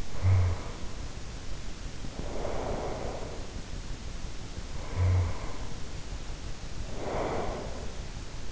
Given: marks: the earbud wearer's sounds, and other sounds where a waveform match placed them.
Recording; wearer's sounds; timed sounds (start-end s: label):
sounds in sleep by an in-ear microphone; snoring breath, breath
0.00-3.60 s: snoring breath
4.80-5.68 s: snoring breath
6.85-8.15 s: breath